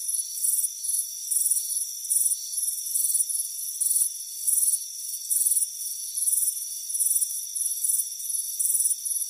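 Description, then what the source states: Cricket chirps in rhythmic, bright pulses layered over a constant shrill background drone. Crickets chirping on a warm afternoon on a front porch.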